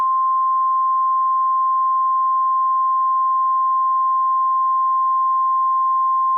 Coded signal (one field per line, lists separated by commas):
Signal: Emergency Alert System (SAME) tones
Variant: 1050 Hz attention tone